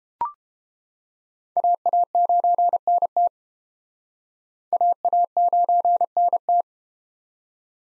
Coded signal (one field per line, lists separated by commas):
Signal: Morse code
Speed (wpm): 33 wpm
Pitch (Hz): 700 Hz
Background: none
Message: AA9NT AA9NT